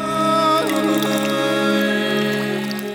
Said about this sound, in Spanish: El agua.